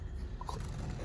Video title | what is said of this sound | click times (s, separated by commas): 2025 FOREST RIVER 260BHLE STK# 13997 | Click and lock into place. | 0.4 s, 0.5 s